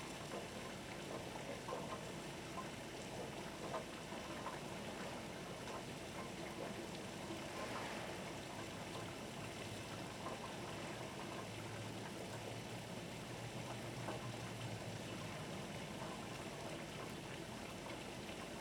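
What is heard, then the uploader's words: Harbor waves at Martha's Vineyard wash in a steady, dense rush that holds an even level from start to finish. A low rumble runs underneath throughout, and a brief brighter swell rises out of the wash around the eight-second mark. Martha's Vineyard Thunderstorm and Harbor Waves.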